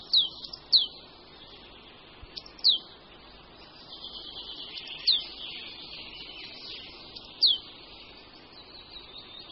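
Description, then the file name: Marsh tit giving single sharp downslurred notes, spaced irregularly, over a soft background hiss. "Sýkora-babka"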